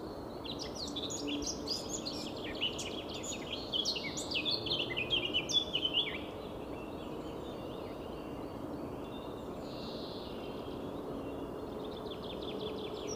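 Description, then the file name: Eurasian blackcap singing a long, jumbled warble of rapid scratchy and whistled notes for about six seconds, followed by fainter notes against constant hiss. "Sylvia atricapilla"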